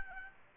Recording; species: mosquito wingbeat signal from an infrared sensor; Aedes albopictus